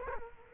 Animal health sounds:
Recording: mosquito wingbeat signal from an infrared sensor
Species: Culex quinquefasciatus

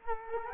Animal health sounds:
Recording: mosquito wingbeat signal from an infrared sensor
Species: Culex quinquefasciatus

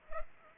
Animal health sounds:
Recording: mosquito wingbeat signal from an infrared sensor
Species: Culex pipiens

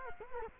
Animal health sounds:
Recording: mosquito wingbeat signal from an infrared sensor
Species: Culex quinquefasciatus

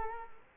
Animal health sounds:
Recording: mosquito wingbeat signal from an infrared sensor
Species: Culex quinquefasciatus

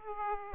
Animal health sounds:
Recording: mosquito wingbeat signal from an infrared sensor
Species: Aedes aegypti

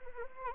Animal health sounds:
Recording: mosquito wingbeat signal from an infrared sensor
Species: Anopheles arabiensis

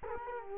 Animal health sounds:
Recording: mosquito wingbeat signal from an infrared sensor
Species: Culex quinquefasciatus

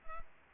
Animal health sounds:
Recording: mosquito wingbeat signal from an infrared sensor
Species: Culex pipiens

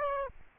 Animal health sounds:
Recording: mosquito wingbeat signal from an infrared sensor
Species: Aedes aegypti

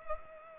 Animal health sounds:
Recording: mosquito wingbeat signal from an infrared sensor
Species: Culex pipiens

